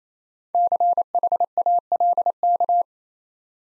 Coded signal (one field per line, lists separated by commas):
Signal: Morse code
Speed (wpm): 28 wpm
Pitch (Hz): 700 Hz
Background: none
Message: CHALK